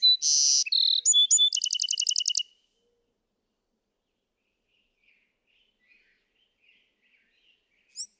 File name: Bewick's Wren